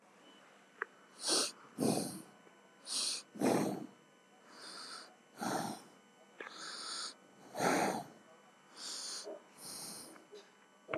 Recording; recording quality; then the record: shallow breathing; excellent, no background noise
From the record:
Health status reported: healthy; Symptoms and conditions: none ticked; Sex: male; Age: 32 years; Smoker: not ticked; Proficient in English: yes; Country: India